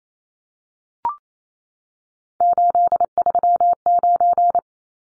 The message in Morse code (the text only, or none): 839